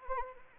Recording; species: mosquito wingbeat signal from an infrared sensor; Anopheles arabiensis